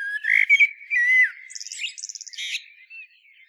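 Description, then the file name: Common blackbird song: a rich, low fluted warble sliding down, followed by a rapid series of thin, high twittering notes and a squeaky ending. "Turdus merula"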